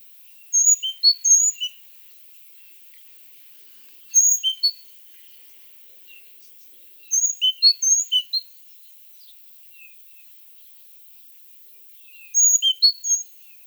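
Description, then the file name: Great tit calls: four bursts of short, high, clipped notes stepping down in pitch, separated by pauses of several seconds, with a few scattered soft notes between. "Parus major"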